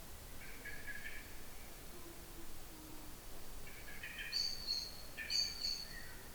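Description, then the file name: Common blackbird calls: a series of brief, buzzy harmonic notes mixed with sharp, thin, high-pitched notes, mostly in the second half, over faint background noise. "Turdus merula"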